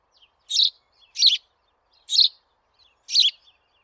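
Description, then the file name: House sparrow giving four sharp, high chirps spaced a little under a second apart, each a brief bright burst, with faint thin notes between them. "Passer domesticus"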